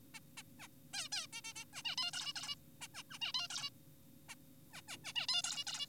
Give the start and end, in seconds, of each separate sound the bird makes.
0.14-0.20, 0.38-0.43, 0.60-0.68, 0.94-1.08, 1.12-1.26, 1.33-1.41, 1.44-1.53, 1.56-1.65, 1.74-1.82, 1.85-1.96, 1.98-2.11, 2.13-2.33, 2.36-2.56, 2.81-2.88, 2.94-3.03, 3.10-3.18, 3.22-3.32, 3.34-3.48, 3.50-3.70, 4.29-4.35, 4.73-4.82, 4.88-4.97, 5.04-5.13, 5.16-5.27, 5.29-5.42, 5.44-5.64, 5.67-5.87